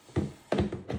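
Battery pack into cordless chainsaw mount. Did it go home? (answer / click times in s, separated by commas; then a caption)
no / none. A battery pack is pushed into the single-battery mount on the back of a Grand АПЦ-20А/12"-4 cordless chainsaw. A few short taps and knocks are heard around 0.2, 0.5, 0.9 and 1.0 seconds. The pack has not seated or clicked yet.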